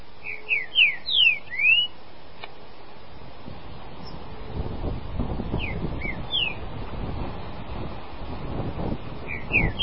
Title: Trinca Ferro